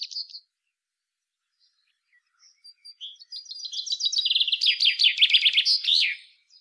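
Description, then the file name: Common chaffinch song: a few scattered soft notes, then a rattling trill that drops in pitch and finishes in an emphatic flourish. "Fringilla coelebs"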